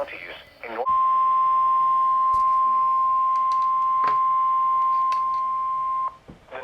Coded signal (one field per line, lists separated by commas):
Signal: Emergency Alert System (SAME) tones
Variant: 1050 Hz attention tone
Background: speech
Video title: EAS Timeline (EAS ALERTS 69-74)